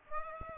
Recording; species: mosquito wingbeat signal from an infrared sensor; Aedes aegypti